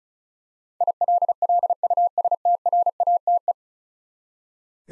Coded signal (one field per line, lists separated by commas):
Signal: Morse code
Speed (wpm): 36 wpm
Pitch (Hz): 700 Hz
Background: none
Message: ILLUSTRATE